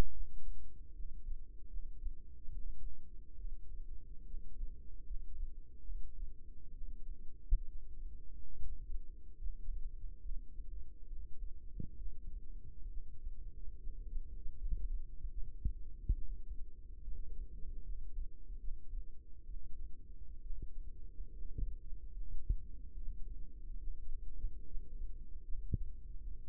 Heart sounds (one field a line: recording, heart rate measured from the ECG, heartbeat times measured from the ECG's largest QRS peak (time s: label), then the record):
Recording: heart sounds by microphone in the right ear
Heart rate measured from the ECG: 71 bpm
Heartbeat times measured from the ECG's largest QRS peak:
0.13 s: heartbeat
0.94 s: heartbeat
1.69 s: heartbeat
2.48 s: heartbeat
3.37 s: heartbeat
4.26 s: heartbeat
5.05 s: heartbeat
5.85 s: heartbeat
6.73 s: heartbeat
7.68 s: heartbeat
8.57 s: heartbeat
9.38 s: heartbeat
10.21 s: heartbeat
11.08 s: heartbeat
11.98 s: heartbeat
12.89 s: heartbeat
13.78 s: heartbeat
14.57 s: heartbeat
15.32 s: heartbeat
16.14 s: heartbeat
17.03 s: heartbeat
17.84 s: heartbeat
18.59 s: heartbeat
19.46 s: heartbeat
20.42 s: heartbeat
21.33 s: heartbeat
22.12 s: heartbeat
22.92 s: heartbeat
23.79 s: heartbeat
24.66 s: heartbeat
25.44 s: heartbeat
26.20 s: heartbeat
From the record:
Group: healthy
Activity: rest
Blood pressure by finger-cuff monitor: 135/62 mmHg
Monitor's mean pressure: 84 mmHg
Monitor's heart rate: 69 bpm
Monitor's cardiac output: 7.6 L/min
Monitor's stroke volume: 107 mL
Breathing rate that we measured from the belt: 16 breaths a minute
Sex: female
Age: 22 years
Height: 160 cm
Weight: 63 kg